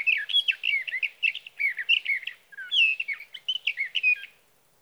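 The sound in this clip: Sage thrasher pouring out a hurried stream of slurred whistles and chirps, with one brief gap before the rambling warble resumes.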